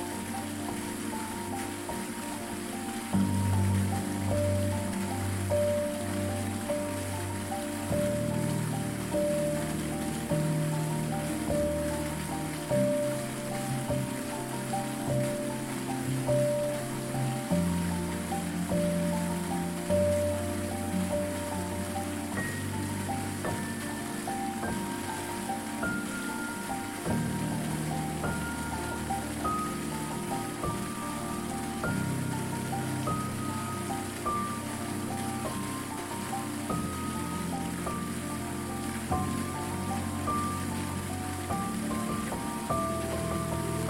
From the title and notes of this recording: Listen to the sound of a waterfall falling on the rocks with music to help you fall asleep and get a good night's sleep. WATERFALL Fall on Rocks with MUSIC.